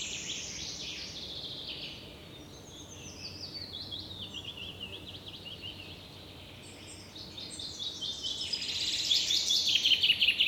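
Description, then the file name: Common chaffinch song: fast trilled phrases sliding downward from high to mid pitch, then a louder burst near the end, over steady background hiss. "Fringilla coelebs"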